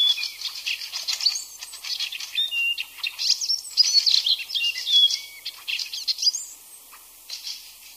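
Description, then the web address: Icterine warbler song: a busy jumble of high scratchy notes and short whistles, loud in bursts. "ljud Hippolais icterina"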